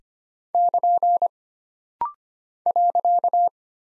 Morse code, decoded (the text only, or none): <KN> .